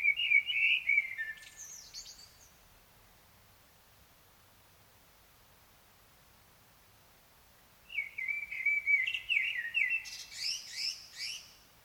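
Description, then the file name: Common blackbird song, two phrases several seconds apart, each a low whistled warble that breaks into thin, squeaky high twittering; quiet between them. "Turdus merula"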